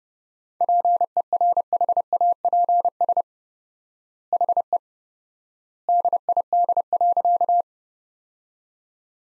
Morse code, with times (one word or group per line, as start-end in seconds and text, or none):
0.6-3.2 PERHAPS
4.3-4.8 HE
5.9-7.6 DID.